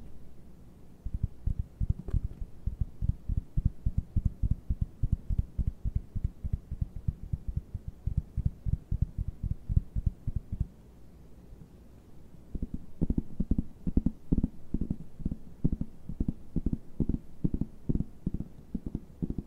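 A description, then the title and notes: Fast, aggressive tapping in dense, regular bursts, heavy and low with a knocking, hoof-like quality. A steady run from about one second to ten is followed by a short lull, then the tapping returns from around thirteen seconds, slightly brighter and more spaced. ASMR TAPPING NO TALKING, ASMR TAPPING FAST, ASMR TAPPING AGRESSIVE, ASMR TAPPING AROUND.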